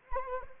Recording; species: mosquito wingbeat signal from an infrared sensor; Anopheles arabiensis